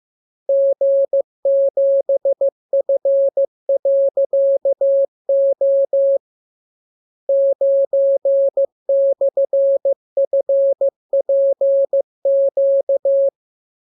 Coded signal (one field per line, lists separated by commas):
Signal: Morse code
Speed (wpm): 15 wpm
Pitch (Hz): 550 Hz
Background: none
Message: G7F.O 9/FPQ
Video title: Learning Morse Code. Lesson 33. Letter KMURESNAPTLWI.JZ=FOY,VG5/Q92H38B?4